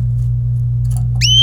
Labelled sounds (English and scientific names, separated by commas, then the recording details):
Domestic Canary (Serinus canaria) song
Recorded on 26 April 2018 at 13:01
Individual llb3